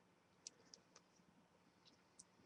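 The metal frame lock bar of a folding knife is pushed aside, pulled back out of the way of the blade, to unlock it so the blade can be closed. A quiet click is heard at 0.5 s as the lock disengages, followed by a few fainter clicks. The frame lock is released.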